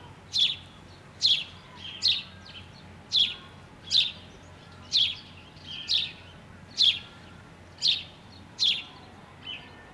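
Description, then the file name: House sparrow calling with about eleven sharp chirps over ten seconds, some doubled, unevenly spaced, against a quiet low background hum. "Passer domesticus"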